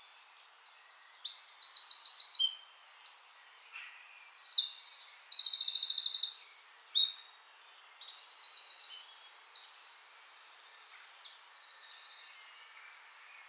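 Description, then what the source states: Eurasian wren song: a rapid, high, ringing burst of sharp notes and fast buzzy trills for about six seconds, followed by fainter, softer high twittering. Subspecies indigenus.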